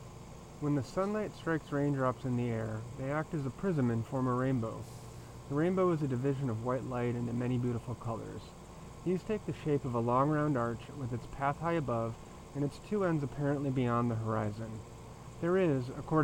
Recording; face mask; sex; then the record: reading aloud; surgical mask; male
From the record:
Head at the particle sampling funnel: turned sideways, cheek in front of it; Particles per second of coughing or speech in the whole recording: 1.43